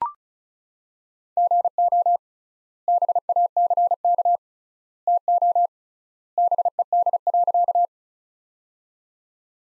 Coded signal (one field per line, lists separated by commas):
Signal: Morse code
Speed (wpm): 36 wpm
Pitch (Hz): 700 Hz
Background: none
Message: GO BACK TO BED.